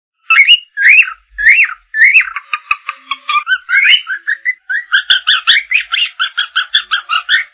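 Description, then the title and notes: Bird song, loud whistled notes that start as separate slurred upward phrases, then quicken into a fast, steady series of repeated two-tone whistles. Chirping birds from Indonesia. "Kumpulan Kicau Burung Indonesia"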